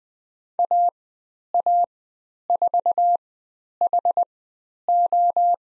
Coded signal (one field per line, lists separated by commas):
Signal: Morse code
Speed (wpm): 20 wpm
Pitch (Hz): 700 Hz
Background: none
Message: AA4HO